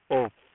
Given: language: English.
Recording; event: throat vibration sensor signal played as sound; speech